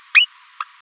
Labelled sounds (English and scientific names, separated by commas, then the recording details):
Green-rumped Parrotlet (Forpus passerinus) babbling
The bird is a female
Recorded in a nest box in Venezuela
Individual 17B73B3